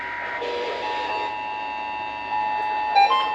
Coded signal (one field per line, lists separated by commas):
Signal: Emergency Alert System (SAME) tones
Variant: 853 and 960 Hz attention tone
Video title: [FOUND SAFE] WV AMBER Alert on 9 stations (12/16/24) EAS 2686-2694